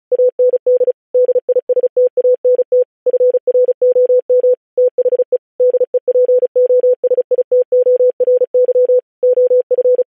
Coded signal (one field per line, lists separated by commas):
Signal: Morse code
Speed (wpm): 36 wpm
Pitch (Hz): 500 Hz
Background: none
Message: AND DISTANT FROM THE DEPOSITORY OF